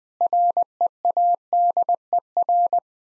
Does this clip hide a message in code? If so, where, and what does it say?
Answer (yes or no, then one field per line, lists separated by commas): yes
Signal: Morse code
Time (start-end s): 0.2-2.8 s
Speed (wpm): 20 wpm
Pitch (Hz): 700 Hz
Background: none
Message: READER